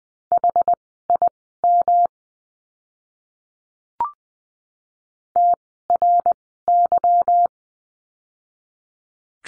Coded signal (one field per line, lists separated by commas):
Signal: Morse code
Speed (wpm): 20 wpm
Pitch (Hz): 700 Hz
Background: none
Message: HIM TRY